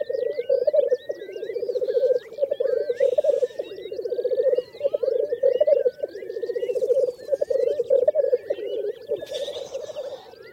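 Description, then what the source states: Black grouse bubbling display, a continuous low rolling, cooing warble in long phrases with brief pauses; higher calls of other birds sound above it. A few black grouse giving bubbling displays on English uplands at spring dawn.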